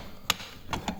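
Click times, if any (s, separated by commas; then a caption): 0.3 s. A press tool, or puller, is set on the drive sprocket of a Kazuma Jaguar / Stels 500 ATV output shaft and pressed to remove the sprocket for replacement. A sharp, loud click at 0.3 s marks the sprocket breaking free of its shaft, followed by two softer knocks near 0.9 s and 1.0 s. The sprocket is released.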